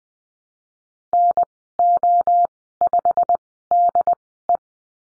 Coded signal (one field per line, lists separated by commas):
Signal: Morse code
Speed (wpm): 20 wpm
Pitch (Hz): 700 Hz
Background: none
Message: NO5DE